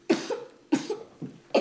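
Four short, sharp coughs in quick succession within about a second and a half, in a small room.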